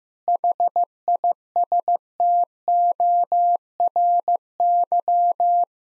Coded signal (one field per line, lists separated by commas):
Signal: Morse code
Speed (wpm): 15 wpm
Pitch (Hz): 700 Hz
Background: none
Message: HISTORY